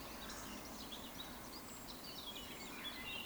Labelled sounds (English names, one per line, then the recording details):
Eurasian Woodcock
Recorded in Baden-Württemberg, Germany, on 16 June 2020 at 19:47 UTC
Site 14569, 102 m above sea level